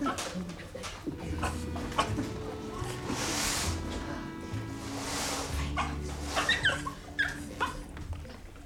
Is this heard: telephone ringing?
no